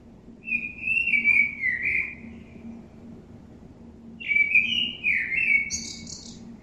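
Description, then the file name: Common blackbird with two warbling, whistled phrases, the second ending in a high scratchy twitter; a faint low steady hum runs underneath. "Turdus merula"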